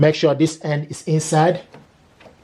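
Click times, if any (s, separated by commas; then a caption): none. Someone talks while handling a black ink cartridge going into the print head holder of a Canon PIXMA TR7650 printer, with a faint short sound near 2.2 s as the speech fades. Nothing has seated or clicked yet; the cartridge is not yet home.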